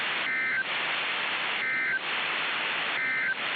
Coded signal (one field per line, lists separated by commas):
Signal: Emergency Alert System (SAME) tones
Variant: end-of-message bursts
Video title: [REQUESTED EAS MOCK] is this how you do nuclear power plant warnings im new to this